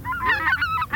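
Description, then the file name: Greater white-fronted goose flock: a dense run of overlapping high, laughing yelps and honks, several birds calling at once with wavering, rising and falling notes. Flock chorus of calling geese, for an electronic hunting caller. "Белолобый базар"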